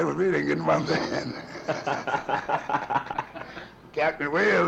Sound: laughing